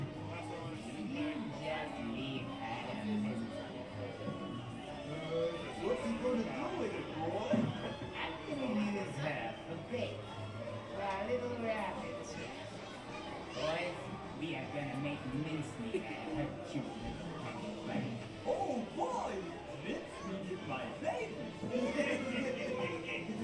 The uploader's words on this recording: Mickey's Toon Town, Disneyland Binaural Recording. In this episode, we go on another audio adventure through Disneyland Park in Anaheim, California. This time we stroll through Mickey's Toon Town just days before they were scheduled to shut down for a year of maintenance and refurbishment.